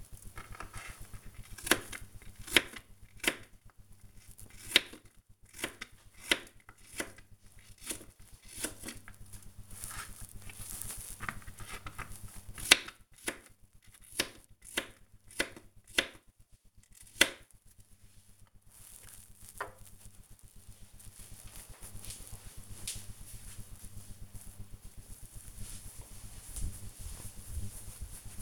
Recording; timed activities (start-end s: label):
household activities, microphone on the right wrist
0.00-18.49 s: cutting vegetables